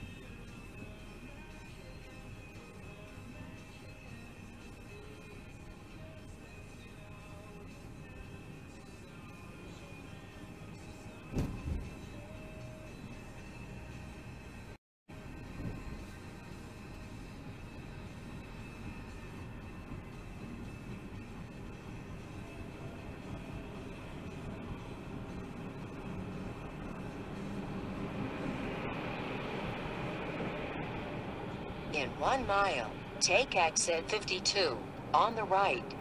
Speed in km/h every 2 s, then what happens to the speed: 35, 32, 32, 31, 32, 35, 35, 39, 40, 42, 42, 47, 50, 55, 55, 60, 61, 63.
0-9 steady at about 32. 9-36 speeds up to 63.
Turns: none.